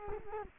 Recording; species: mosquito wingbeat signal from an infrared sensor; Culex quinquefasciatus